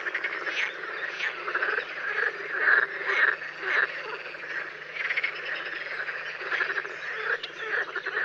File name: Grenouille verte